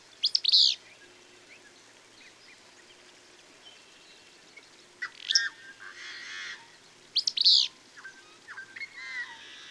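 Bird song: high chirped phrases repeated, with softer chirps and a lower warbling sound between.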